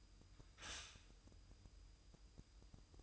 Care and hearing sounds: daily activity, microphone in the room; stop toaster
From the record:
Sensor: 2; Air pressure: 988.4 hPa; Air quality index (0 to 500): 191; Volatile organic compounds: 183 ppm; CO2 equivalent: 4153 ppm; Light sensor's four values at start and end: 20/68/27/25 and 20/68/27/25

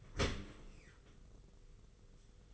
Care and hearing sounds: daily activity, microphone in the room; open dishwasher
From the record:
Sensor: 4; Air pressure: 991.3 hPa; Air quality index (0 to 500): 159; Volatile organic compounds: 132 ppm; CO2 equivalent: 3936 ppm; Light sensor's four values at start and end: 22/73/27/28 and 22/73/27/28

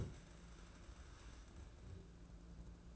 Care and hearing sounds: daily activity, microphone in the room; stand up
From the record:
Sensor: 2

